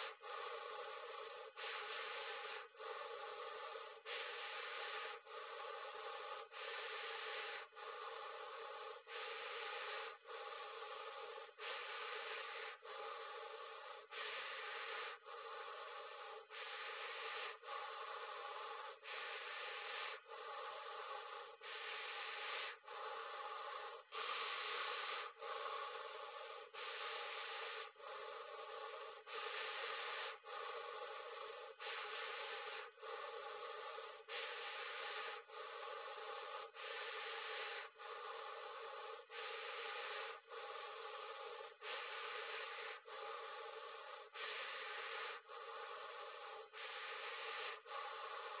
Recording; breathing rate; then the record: paced breathing near a phone; 24 breaths a minute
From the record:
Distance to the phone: 40 cm